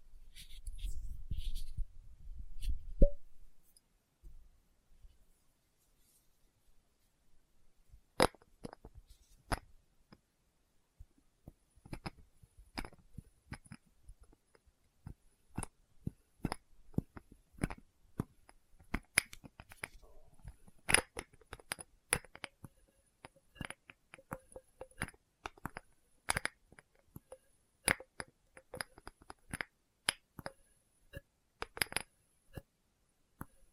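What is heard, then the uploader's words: Crisp clicks and taps of small glass test tubes, sparse at first after a low rumble, then quickening into irregular clusters. ASMR Experimental Triggers in Test Tubes (No Talking).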